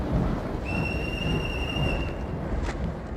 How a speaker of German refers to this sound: Wir lassen gleich auch einen Zug abfahren. Bitte von der Bahnsteigkante zurücktreten. Der Zug nach London fährt ab.